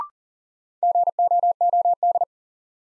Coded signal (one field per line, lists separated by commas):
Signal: Morse code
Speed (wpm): 40 wpm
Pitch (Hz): 700 Hz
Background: none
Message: GOOD